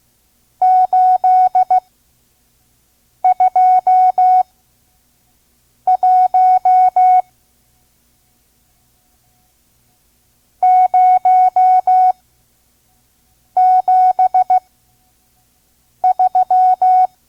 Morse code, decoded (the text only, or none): 821 073